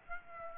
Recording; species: mosquito wingbeat signal from an infrared sensor; Aedes aegypti